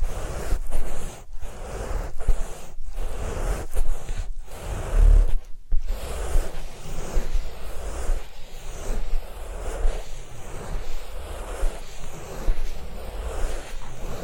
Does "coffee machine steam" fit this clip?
no